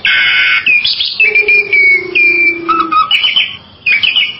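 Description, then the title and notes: Bali myna song with a harsh burst, long level whistles and a low drawn-out note, then more rasping phrases. "Jalak Bali 2. Kicau Burung Jalak"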